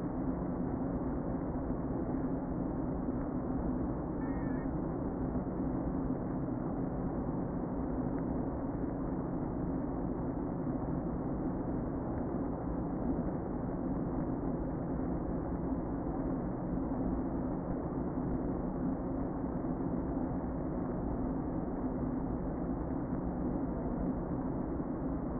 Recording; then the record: honeybee colony, microphone inside the hive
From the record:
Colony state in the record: queen present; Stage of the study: before two queens were removed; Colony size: about 60,000 bees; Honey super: yes